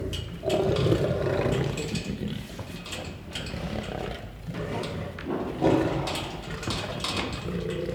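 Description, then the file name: Lion growling: deep, rough rumbling growls rising and falling in uneven bursts, with a louder surge near the start and short clicking thumps between them. Growling and roaring. "Het grommen en brullen van een leeuw - Beeld en Geluid"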